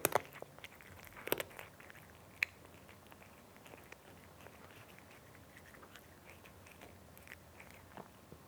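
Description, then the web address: Cat eating, with soft irregular crunches and clicks of chewing, a few sharper bites near the start over a quiet steady background. Domestic cat eating, described as a nice crunchy sound. "BBC Sound Effects Library Cats Cat Eating (Nice Crunchy Sound)"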